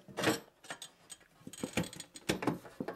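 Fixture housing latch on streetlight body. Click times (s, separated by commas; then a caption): 2.3 s. The fixture housing of a Sylvania R47 175 watt mercury vapor streetlight is closed and its latch is worked with some effort. A series of short mechanical clicks and knocks follows. The loudest sharp hit, at 2.3 s, is the latch locking in place on the streetlight body.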